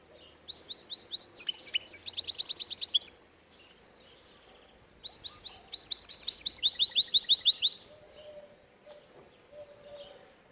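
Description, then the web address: Canary song in two bursts of fast high chirping trills separated by a pause, then quiet with faint low tones. "Bird Songs Canary"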